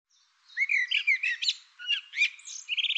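Bird delivering a busy run of varied chirps and clear whistles, ending in a short, quick trill.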